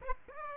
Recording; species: mosquito wingbeat signal from an infrared sensor; Aedes aegypti